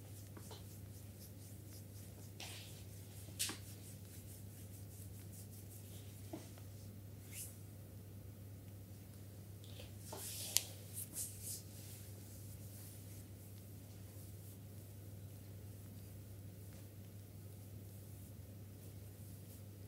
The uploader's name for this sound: Spa full body massage with massager